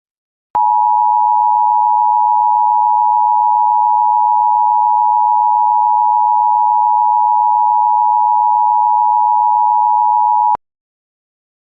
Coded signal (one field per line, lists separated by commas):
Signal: Emergency Alert System (SAME) tones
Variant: 853 and 960 Hz attention tone